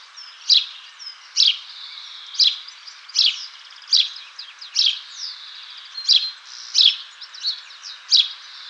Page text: House Sparrow Call - Quick Sounds